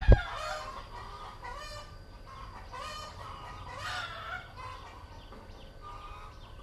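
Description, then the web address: Chickens giving cackling bursts about every second, over a low rumbling background, with a sharp knock at the start. Several chickens recorded in Vietnam in 2019. "Vietnam 02 Chickens"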